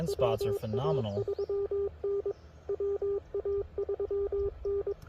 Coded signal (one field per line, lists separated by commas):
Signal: Morse code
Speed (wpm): 22 wpm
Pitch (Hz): 400 Hz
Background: speech, radio noise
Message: WA3N WA3N